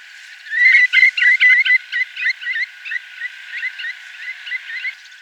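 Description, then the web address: Rufous-bellied seedsnipe giving a rapid series of clipped whistled notes that start strong and gradually weaken over about four seconds. Ecuador. "Birds of Ecuador. Rufous-Bellied Seed Snipe"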